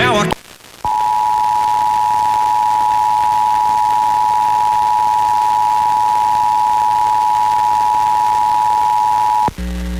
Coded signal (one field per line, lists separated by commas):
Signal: Emergency Alert System (SAME) tones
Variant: 853 and 960 Hz attention tone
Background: speech, music